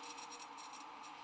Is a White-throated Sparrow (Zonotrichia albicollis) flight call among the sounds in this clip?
no